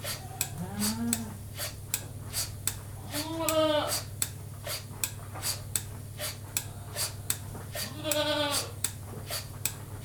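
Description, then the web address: Goat bleats, a few wavering nasal cries, while a milking machine ticks steadily over a constant low mechanical hum. Goat being milked by machine; livestock. "The BBC Sound Effects Library. Goat Milked by Machine"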